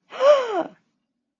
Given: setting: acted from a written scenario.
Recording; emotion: vocal sound without words; negative surprise